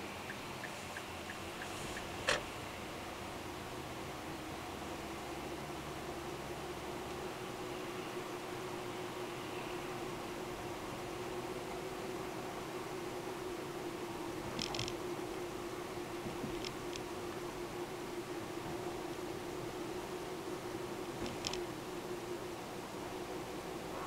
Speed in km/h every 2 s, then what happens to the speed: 20, 23, 29, 36, 38, 39, 39, 39, 38, 37, 34, 35.
0-8 speeds up to 38. 8-24 steady at about 38.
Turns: none.